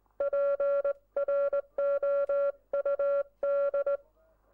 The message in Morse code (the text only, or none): PROUD